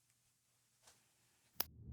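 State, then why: Seated. A RAM memory module is lined up with the lip of a motherboard DIMM slot and pushed straight down. After a quiet stretch, a single sharp click of the retention tabs sounds at 1.6 s, and the module is seated.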